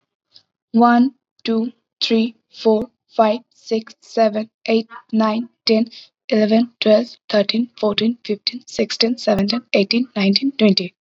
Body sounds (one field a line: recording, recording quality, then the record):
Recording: counting at a normal pace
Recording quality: excellent, no background noise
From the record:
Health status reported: COVID-19 positive, mild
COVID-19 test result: positive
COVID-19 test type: RT-PCR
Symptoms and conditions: cough, sore throat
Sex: female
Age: 18 years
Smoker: no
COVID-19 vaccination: both doses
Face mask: not worn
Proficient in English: yes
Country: India